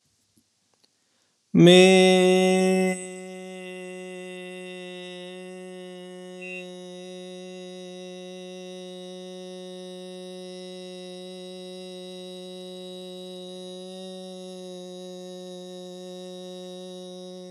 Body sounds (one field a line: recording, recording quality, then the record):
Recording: sustained vowel as in made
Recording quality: excellent, no background noise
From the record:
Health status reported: healthy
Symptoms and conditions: none ticked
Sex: male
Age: 42 years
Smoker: not ticked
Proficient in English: yes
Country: India